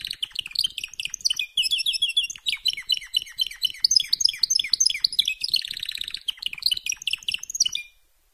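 Canary song of continuous fast trills and twittering with a buzzy rattle near the end, then stopping abruptly.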